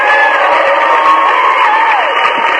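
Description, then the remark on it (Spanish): A loud, steady burst of crowd cheering and applause, with many voices whooping and shouting over a dense wash of clapping that holds at full strength throughout. “Oh, hombre, van los aplausos.”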